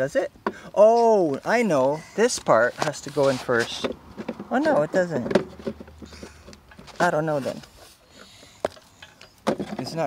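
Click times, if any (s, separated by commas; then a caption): none. Someone talks while pushing a plastic mulching plug into the rear chute opening of a Benchmark 208cc lawn mower, followed by a few short, sharp knocks near the end of the clip. The plug has not latched, and nothing has clicked into place yet.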